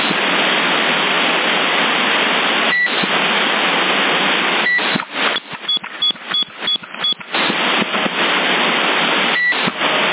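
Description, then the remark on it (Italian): Loud, steady CB radio static hisses throughout, broken by a few short high-pitched beeps and a rapid cluster of brief beeping chirps midway, with the hiss dropping out in choppy gaps; CB radio in Sassari, March 2020. “Stai uscendo già, sente solo il bip e basta.”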